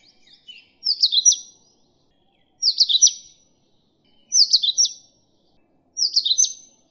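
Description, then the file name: Oriental magpie-robin song: crisp, high whistled phrases with rapid chirps, given four times with short pauses between, preceded by a few soft notes. Indian variety. "Kacer India Vareasi"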